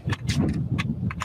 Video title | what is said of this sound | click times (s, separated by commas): Grace Thorp 🔥 Ben vs Andrew Wilson ⚖️🔥 The Destiny Lawsuit 🔥⚖️ Thorps Are FEDS? 👮‍♂️🌈 | You hear that click? Yep. Not going anywhere, right? | 1.1 s, 1.2 s